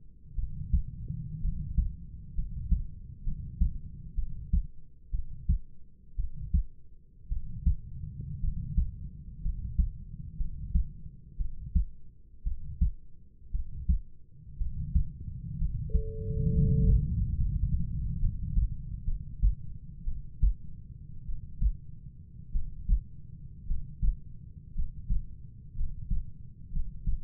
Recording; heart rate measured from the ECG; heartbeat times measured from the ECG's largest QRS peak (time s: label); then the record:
heart sounds by stethoscope; 59 bpm
0.35 s: heartbeat
1.41 s: heartbeat
2.35 s: heartbeat
3.24 s: heartbeat
4.15 s: heartbeat
5.11 s: heartbeat
6.16 s: heartbeat
7.29 s: heartbeat
8.41 s: heartbeat
9.42 s: heartbeat
10.37 s: heartbeat
11.37 s: heartbeat
12.44 s: heartbeat
13.51 s: heartbeat
14.58 s: heartbeat
15.58 s: heartbeat
16.51 s: heartbeat
17.37 s: heartbeat
18.20 s: heartbeat
19.05 s: heartbeat
20.05 s: heartbeat
21.24 s: heartbeat
22.52 s: heartbeat
23.67 s: heartbeat
24.74 s: heartbeat
25.75 s: heartbeat
26.72 s: heartbeat
From the record:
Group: healthy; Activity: rest 0-17 s, breath hold 17-27 s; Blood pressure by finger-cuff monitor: 105/55 mmHg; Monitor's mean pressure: 67 mmHg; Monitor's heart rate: 59 bpm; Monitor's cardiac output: 5.1 L/min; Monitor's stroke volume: 88 mL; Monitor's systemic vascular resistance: 940 dyn s/cm5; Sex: male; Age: 25 years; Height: 170 cm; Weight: 70.4 kg